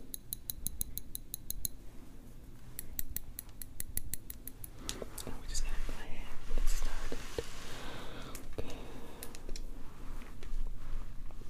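Hair is worked on with fast, even clicks and plucks for the first two seconds, then sparser taps. From about five seconds, a louder, rough scratching and brushing rises, peaking near seven seconds and continuing with scattered sharp ticks over a low hum.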